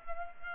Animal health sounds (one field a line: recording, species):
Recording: mosquito wingbeat signal from an infrared sensor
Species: Culex pipiens